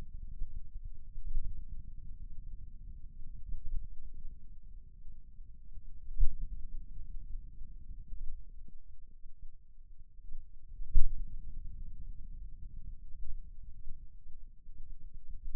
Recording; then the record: forearm muscle sounds (acoustic myography)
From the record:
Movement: pen grasping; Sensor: system 2, bracelet of six BSWA MPA416 microphones around the upper forearm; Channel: 2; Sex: male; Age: 22 years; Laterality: right